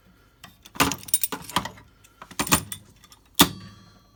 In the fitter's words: yeah it locks in place sort